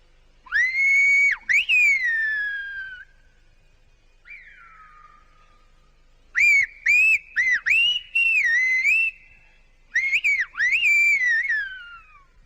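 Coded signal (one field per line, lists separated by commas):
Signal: whistled language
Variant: Silbo Gomero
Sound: loud piercing whistled phrases with rising and falling pitch glides, several bursts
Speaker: Now I'm going to get him to call him over here.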